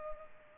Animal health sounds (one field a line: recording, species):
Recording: mosquito wingbeat signal from an infrared sensor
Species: Culex pipiens